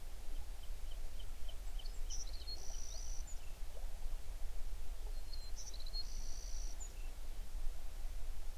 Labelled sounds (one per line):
songbird